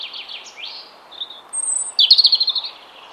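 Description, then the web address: European robin song: wavering high notes, a thin high whistle, then a fast bright trill of repeated notes near the end. "Deverinetal 2025 File origin Bird Only Er Ru"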